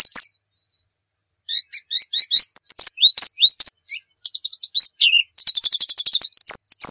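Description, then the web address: White-eye song, a long high warbling stream of quick twittering notes and slurred chirps that ends in a rapid trill and a final upslurred note. Muria-type white-eye, used as a masteran (training song) for white-eyes. "pleci muria. masteran pleci"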